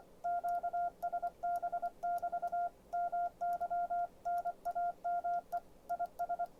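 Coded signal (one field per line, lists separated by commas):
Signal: Morse code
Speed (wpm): 24 wpm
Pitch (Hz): 700 Hz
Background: none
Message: QSB <BT> MY NAME IS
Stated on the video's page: Morse sent on a Begali Contour key.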